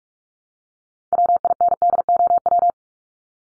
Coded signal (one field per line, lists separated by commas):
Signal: Morse code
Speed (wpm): 44 wpm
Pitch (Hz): 700 Hz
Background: none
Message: WINDOW